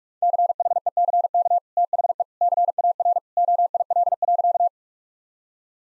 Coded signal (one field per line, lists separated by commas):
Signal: Morse code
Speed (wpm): 42 wpm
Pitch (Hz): 700 Hz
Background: none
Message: CHECK THE CAR OIL.